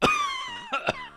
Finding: Cough.